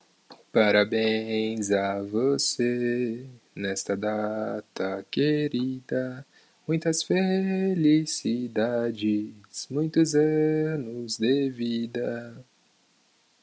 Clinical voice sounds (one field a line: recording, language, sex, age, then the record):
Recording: short text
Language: Brazilian Portuguese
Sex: male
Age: 20 to 29 years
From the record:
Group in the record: control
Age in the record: 21 years